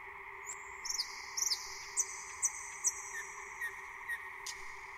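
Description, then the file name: Thrush nightingale song: high whistles and sharp down-slurred notes spaced roughly half a second apart, then softer notes, against a persistent low hum. "SLOWIK SZARY"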